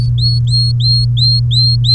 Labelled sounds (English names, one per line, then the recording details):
Domestic Canary song
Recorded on 3 May 2018 at 14:21
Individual llb3